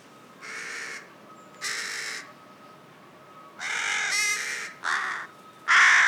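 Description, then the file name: Carrion crow cawing: several harsh, hoarse caws, irregularly spaced, the last loudest, over a faint steady background hum. "Corvus corone"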